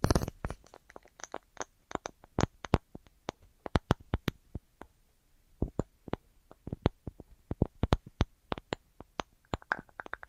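Crisp tapping in quick, uneven bursts, each tap a sharp click that is bright and dry. The taps come in clusters with short pauses between them, denser at the start and again near the end. Quiet background otherwise.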